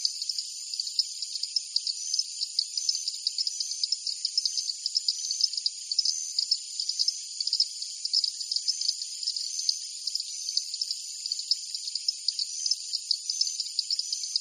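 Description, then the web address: Night insects keep up a constant high chorus, rhythmic chirps pulsing several times a second above a steady whining hum throughout. Insects in a jungle at night. "Partners In Rhyme Jungle Night Insects"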